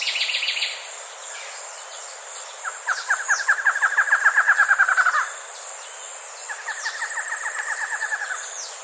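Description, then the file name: Bird delivers two pulsed trills, the first louder and longer, with high chirps and a continuous high tone. "SABIOD 50 bird 2015"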